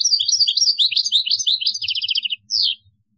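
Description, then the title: European goldfinch song, a quick run of bright twittered notes ending in a short rattle, followed by one buzzy note. "Chant Chardonneret"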